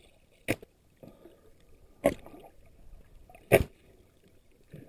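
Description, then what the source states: Parrotfish feeding underwater: sharp crunching scrapes roughly every one and a half seconds, with quieter clicks and low rumbling water noise between them. Eating coral underwater.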